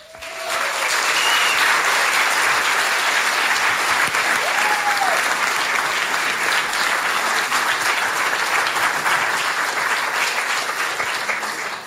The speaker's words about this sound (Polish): Wiedzą Państwo, że ta sytuacja jest zawsze dla mnie bardzo krępująca, kiedy wychodzę i są oklaski, ale dzisiaj sytuacja jest ułatwiona, dlatego że są muzycy, dlatego jeszcze raz poproszę o to, aby ich Państwo bardzo gorąco przywitali.